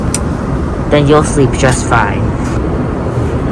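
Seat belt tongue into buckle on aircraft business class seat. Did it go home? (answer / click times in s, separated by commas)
yes / 0.1 s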